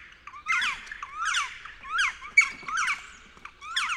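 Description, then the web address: Black woodpecker giving harsh, squealing calls, each a cluster of notes, repeated about every three-quarters of a second. "pic noir. oiseaux de nos forets"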